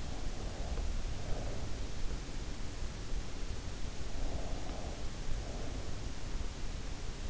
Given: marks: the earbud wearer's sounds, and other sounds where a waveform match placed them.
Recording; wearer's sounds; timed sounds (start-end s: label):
sounds in sleep by an in-ear microphone; breath
0.00-2.05 s: breath
3.92-5.98 s: breath